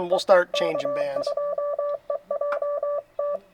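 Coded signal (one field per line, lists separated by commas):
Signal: Morse code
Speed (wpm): 23 wpm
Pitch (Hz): 1160 Hz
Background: speech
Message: E E K2EJT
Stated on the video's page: Park activation (POTA) at a state forest at night, 20 W from an FTDX10, good bands with piles of callers.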